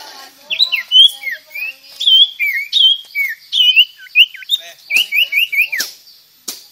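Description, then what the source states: Sirtu singing a fast, varied run of clear whistled notes, many sharply down-slurred, with short buzzy phrases and a string of repeated notes near the end. Vigorous, energetic singing in the style called gacor.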